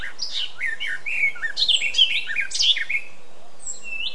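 Eurasian blackcap song, a quick jumble of fluty, sliding whistles rising and falling, ending with a couple of separate high notes after a short pause.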